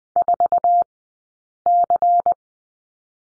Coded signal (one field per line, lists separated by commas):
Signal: Morse code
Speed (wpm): 20 wpm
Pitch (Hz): 700 Hz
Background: none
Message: 4C